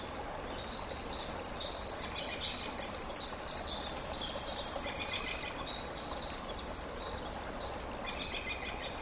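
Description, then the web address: Winter wren song, an unbroken torrent of very high, quick, twittering trills that shift in pitch, heard over a steady rushing background. "ear jh-060319 wwren"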